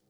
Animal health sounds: pig call; piglet (1 to 25 days)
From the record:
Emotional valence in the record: positive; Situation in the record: short reunion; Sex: male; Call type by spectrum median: low-frequency call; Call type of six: low-frequency stable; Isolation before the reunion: 3 minutes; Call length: 0.10 s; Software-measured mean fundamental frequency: 63 Hz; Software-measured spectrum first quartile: 286 Hz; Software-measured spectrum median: 1358 Hz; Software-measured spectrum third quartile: 9962 Hz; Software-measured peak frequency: 132 Hz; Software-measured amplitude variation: 66 dB a second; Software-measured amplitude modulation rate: 20.8 a second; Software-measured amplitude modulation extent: 3.2 dB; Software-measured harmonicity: 4.1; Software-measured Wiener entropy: -2.54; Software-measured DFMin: 937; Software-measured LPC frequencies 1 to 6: 417, 3164, 4662, 5557, 7044, 8207 Hz

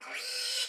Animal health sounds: pig call; piglet (1 to 25 days)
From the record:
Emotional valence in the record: negative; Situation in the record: restrain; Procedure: in the arms of a person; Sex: female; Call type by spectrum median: high-frequency call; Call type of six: high-frequency stable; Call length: 0.70 s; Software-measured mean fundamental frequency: 320 Hz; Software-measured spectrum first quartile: 3000 Hz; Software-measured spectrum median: 4381 Hz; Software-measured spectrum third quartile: 5866 Hz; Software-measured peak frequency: 5168 Hz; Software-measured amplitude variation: 95 dB a second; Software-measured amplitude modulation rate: 25.1 a second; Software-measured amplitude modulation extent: 3.8 dB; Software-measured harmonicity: 0.9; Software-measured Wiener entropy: -1.69

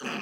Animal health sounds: pig call; piglet (1 to 25 days)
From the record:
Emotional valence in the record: negative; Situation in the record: short isolation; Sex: male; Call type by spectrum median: low-frequency call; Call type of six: mixed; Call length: 0.22 s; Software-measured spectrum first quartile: 480 Hz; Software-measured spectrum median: 1336 Hz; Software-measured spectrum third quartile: 2562 Hz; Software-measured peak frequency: 227 Hz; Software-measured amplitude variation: 77 dB a second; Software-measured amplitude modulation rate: 15.6 a second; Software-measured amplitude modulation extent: 4.9 dB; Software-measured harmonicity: 0.2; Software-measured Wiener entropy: -1.01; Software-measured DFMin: 739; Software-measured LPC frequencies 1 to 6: 1422, 2571, 2964, 4745, 6127, 7551 Hz

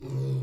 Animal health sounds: pig call; weaner (32 to 43 days)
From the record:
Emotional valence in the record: negative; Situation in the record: long isolation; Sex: female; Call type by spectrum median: low-frequency call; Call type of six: low-frequency stable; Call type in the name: low-frequency stable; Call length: 0.43 s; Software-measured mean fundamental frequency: 66 Hz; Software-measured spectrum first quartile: 131 Hz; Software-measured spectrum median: 161 Hz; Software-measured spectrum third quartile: 312 Hz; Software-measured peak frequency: 130 Hz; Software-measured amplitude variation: 71 dB a second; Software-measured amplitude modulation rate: 10.5 a second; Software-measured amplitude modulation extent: 6.7 dB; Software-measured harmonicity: -0.1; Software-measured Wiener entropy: -0.36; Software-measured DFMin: 717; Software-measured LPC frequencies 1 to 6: 2427, 3585, 4339, 5087, 6207, 7237 Hz

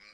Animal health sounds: pig call; piglet (1 to 25 days)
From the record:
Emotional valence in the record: positive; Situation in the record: reunion after long isolation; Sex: female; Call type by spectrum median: high-frequency call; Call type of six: low-frequency tonal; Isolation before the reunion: 8 minutes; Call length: 0.13 s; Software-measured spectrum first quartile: 2000 Hz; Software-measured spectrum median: 2866 Hz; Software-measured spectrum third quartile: 4774 Hz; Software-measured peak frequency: 2289 Hz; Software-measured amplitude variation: 49 dB a second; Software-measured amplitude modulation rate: 18.8 a second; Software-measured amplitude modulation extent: 2.6 dB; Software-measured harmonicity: 1.9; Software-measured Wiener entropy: -1.44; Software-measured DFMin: 662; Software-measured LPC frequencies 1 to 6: 1341, 2273, 4190, 4903, 7499, 8653 Hz

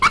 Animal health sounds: pig call; piglet (1 to 25 days)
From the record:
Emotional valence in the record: positive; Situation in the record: after nursing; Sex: male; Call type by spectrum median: low-frequency call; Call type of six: high-frequency stable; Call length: 0.11 s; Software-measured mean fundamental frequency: 184 Hz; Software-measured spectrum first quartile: 1183 Hz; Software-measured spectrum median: 1541 Hz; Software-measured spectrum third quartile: 2600 Hz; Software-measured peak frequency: 1372 Hz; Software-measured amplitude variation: 156 dB a second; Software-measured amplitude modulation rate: 4.6 a second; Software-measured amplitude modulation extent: 34.1 dB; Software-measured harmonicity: 7.2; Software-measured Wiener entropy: -2.02

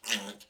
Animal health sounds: pig call; piglet (1 to 25 days)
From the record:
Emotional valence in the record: negative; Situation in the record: restrain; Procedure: back test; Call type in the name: low-frequency call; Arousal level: medium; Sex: female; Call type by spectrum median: high-frequency call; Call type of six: low-frequency stable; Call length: 0.50 s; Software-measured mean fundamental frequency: 58 Hz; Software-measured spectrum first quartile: 2062 Hz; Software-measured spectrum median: 3114 Hz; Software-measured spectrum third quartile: 5106 Hz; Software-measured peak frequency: 2847 Hz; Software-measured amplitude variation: 201 dB a second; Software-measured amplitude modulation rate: 10.9 a second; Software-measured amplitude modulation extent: 18.3 dB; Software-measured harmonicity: -0.2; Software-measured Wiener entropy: -1.39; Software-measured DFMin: 784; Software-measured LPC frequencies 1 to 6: 1847, 2808, 4728, 6103, 7097, 7679 Hz

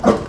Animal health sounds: pig call; growing-finishing pig (85 days or more)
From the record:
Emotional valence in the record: positive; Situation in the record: run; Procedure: transit

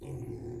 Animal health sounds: pig call; weaner (32 to 43 days)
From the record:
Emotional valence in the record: positive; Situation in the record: positive conditioning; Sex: female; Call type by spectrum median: low-frequency call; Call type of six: low-frequency stable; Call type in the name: low-frequency stable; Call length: 0.60 s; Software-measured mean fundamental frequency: 52 Hz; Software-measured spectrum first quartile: 121 Hz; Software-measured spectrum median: 249 Hz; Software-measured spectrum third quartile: 402 Hz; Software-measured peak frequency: 119 Hz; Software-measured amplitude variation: 136 dB a second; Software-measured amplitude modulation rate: 24.0 a second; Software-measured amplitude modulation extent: 5.7 dB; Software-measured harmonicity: -0.5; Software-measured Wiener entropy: 0.18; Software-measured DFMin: 1111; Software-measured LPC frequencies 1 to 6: 338, 2161, 2461, 3614, 5161, 6313 Hz

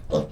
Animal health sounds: pig call; piglet (1 to 25 days)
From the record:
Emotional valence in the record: positive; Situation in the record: reunion after long isolation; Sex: male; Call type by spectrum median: low-frequency call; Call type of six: low-frequency tonal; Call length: 0.33 s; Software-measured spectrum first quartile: 186 Hz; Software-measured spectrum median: 441 Hz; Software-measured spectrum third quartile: 596 Hz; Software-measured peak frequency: 536 Hz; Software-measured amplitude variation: 208 dB a second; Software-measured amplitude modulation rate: 12.2 a second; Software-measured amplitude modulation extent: 17.1 dB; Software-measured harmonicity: 4.6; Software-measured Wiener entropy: -0.91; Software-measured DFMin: 1114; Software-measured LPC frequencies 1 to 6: 520, 1093, 3596, 5229, 6193, 7671 Hz

